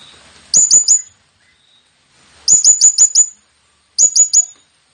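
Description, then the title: Blue-crowned hanging parrot calls: three quick bursts of sharp, high-pitched chips, three to five notes each, delivered in rapid succession. Presented as an effective lure call for attracting the bird; local name serindit. "Burung Serindit Memanggil Ampuh"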